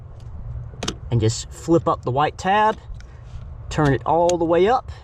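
On a JL Wrangler door being removed, the red locking clip on the white door wiring harness connector on the vehicle body is pushed up, then the piece under the white tab is pressed so the tab flips up and the plastic clip pushes out. Sharp clicks sound at 0.8 s and 0.9 s as the connector lock clicks open and releases, while someone talks.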